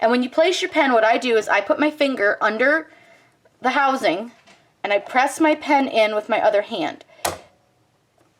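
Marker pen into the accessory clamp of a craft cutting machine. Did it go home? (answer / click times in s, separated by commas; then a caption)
yes / 7.2 s. A woman talks while steadying the housing of a craft cutting machine's accessory clamp with a finger underneath and pressing an uncapped plastic Cricut pen down into the clamp with her other hand. A sharp click at 7.2 s marks the pen seating in the clamp.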